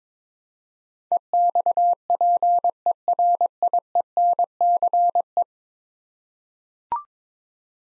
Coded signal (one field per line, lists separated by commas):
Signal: Morse code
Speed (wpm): 22 wpm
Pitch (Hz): 700 Hz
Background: none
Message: EXPERIENCE